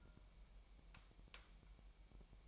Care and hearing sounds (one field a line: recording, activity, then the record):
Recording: daily activity, microphone in the room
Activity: take from stove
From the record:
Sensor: 1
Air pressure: 1002.0 hPa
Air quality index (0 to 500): 246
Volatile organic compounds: 50 ppm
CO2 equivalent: 3295 ppm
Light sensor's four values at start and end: 5/12/5/6 and 5/12/5/6